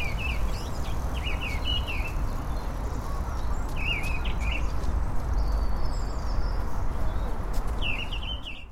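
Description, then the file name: Mistle thrush singing brief, quick phrases of warbled notes with pauses between them; a continuous low roar fills the background and faint other chirps appear. Recorded at Vincennes on 1 March 2014. "Grive Draine Vincennes"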